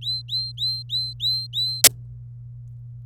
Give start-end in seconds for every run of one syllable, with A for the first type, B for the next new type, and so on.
0.02-1.82 A